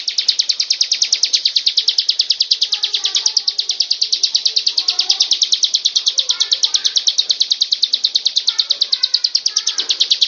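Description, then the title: Lovebird chattering in a continuous fast shrill trill, evenly pulsed, with scattered faint lower chirps in the background. Long "ngekek" song. "Audio Lovebird Ngekek Panjang Ciblek"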